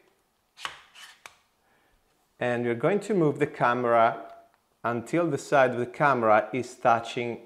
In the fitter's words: you will hear another click